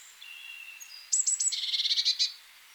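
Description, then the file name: Eurasian blue tit calling: faint thin whistles, then three very high, thin notes followed by a quick churring trill of several pulses. "Cyanistes caeruleus"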